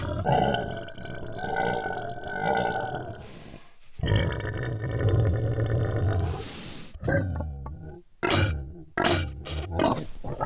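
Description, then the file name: Pig grunting: long, low, rumbling grunts fill the first half, followed by shorter, rougher bursts and a few sharp, noisy calls. "C A Sound Inc Pig"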